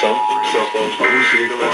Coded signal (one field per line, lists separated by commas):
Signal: Emergency Alert System (SAME) tones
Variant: end-of-message bursts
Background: speech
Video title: 2018 NATIONAL EAS TEST!!! 10/3/18 (EAS #1,819 - 1,825)